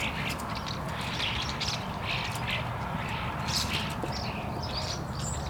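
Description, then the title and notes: Starling calls: busy chatter of high squeaks, clicks and whistles, over a steady low rumble of background noise. Rue Henri Jomain, Niévroz, France; Sony PCM-D100 internal microphones in wide position. "Niévroz, France, Rue Henri Jomain - starlings and a fly. étourneaux et une mouche"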